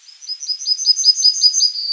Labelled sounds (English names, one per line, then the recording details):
Yellowhammer song
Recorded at under 5 m from the bird
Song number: 058